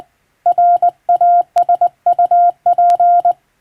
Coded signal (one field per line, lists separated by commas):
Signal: Morse code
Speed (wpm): 20 wpm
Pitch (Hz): 700 Hz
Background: none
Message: RASUP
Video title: 電鍵を駆使してモールス符号を打つ無線通信士という仕事が昭和にはありました。国家試験でモールスを打つ実技試験もありましたよ。懐かしいモールス信号を聴いてみませんか？morse code practice